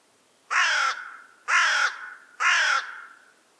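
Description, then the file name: Carrion crow giving three harsh, rasping caws about one second apart, each slightly drawn out and falling at the end, with a quiet background. "Corvus corone"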